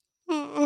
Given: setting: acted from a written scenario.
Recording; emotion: vocal sound without words; sadness